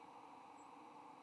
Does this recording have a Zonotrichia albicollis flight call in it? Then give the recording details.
no. Another species' flight call is heard. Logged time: 04:25 on 15 November 2014